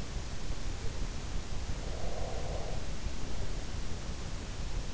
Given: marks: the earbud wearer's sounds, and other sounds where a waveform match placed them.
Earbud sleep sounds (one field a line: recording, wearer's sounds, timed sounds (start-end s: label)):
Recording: sounds in sleep by an in-ear microphone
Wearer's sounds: breath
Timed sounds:
1.69-3.83 s: breath